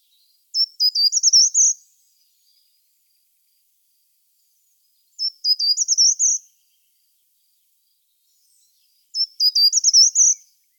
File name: Gartenbaumlaeufer Certhia brachydactyla